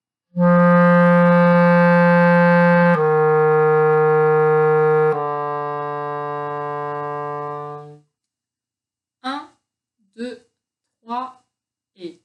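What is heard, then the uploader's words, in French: Three long, low sustained notes step downward, sol, fa, mi, for about eight seconds, followed by four short voice-like syllables. Longs sons graves, sol-fa-mi grave.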